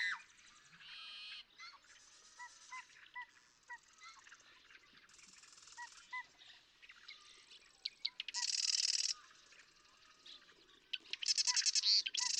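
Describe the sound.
Marsh Wren song: several loud buzzy rattling bursts, strongest near the end, among softer chattering notes.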